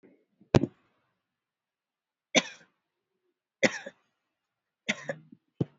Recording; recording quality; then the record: shallow voluntary cough; excellent, no background noise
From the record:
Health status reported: COVID-19 positive, moderate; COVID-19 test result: positive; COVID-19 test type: RT-PCR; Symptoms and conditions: cold, fever, muscle pain, diarrhoea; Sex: female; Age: 42 years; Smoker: no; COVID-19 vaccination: both doses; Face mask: worn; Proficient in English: yes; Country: India